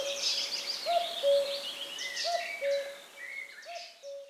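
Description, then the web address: Common cuckoo giving its two-note cu-coo, the second note lower, three times about every 1.4 seconds, with other birds chirping and twittering higher up. Recorded on 10 June 2018. "fagelljud 20180610 gok"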